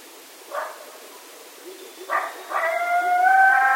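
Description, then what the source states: Coyote calls: a single short bark, a pause, a second bark, then a long, steady howl with clear tonal overtones carrying to the end. Several coyotes recorded at night on 16 October 2010.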